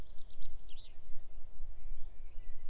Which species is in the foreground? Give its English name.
Common Blackbird